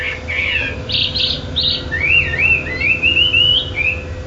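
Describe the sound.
Chinese hwamei song: a rich run of varied whistled phrases, some buzzy bursts, then looping rising and falling notes; a steady low hum underneath.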